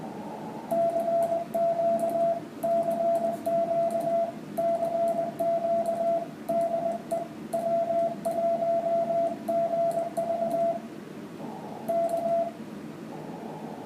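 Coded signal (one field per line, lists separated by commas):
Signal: Morse code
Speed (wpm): 22 wpm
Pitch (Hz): 670 Hz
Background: radio noise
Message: CQ CQ CQ DE W1GV K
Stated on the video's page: Live band conditions check; bands from 20 to 10 meters open, a Brazil contact made on 12 meters with 10 watts.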